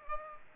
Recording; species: mosquito wingbeat signal from an infrared sensor; Aedes aegypti